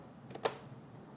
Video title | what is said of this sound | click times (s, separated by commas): $4100 ModMonday PC Build with Dish – Giveaways + NZXT H710i (12900k / EVGA RTX 3080Ti FTW3) | You hear that click. | 0.5 s